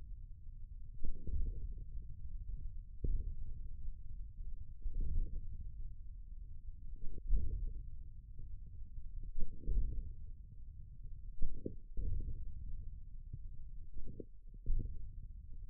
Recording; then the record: forearm muscle sounds (acoustic myography)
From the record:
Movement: hand opening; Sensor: system 1, eight BSWA MPA416 microphones around the upper forearm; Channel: 6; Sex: male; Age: 41 years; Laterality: right